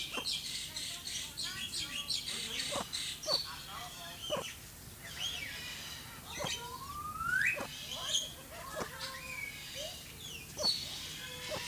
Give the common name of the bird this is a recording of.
Nocturnal Curassow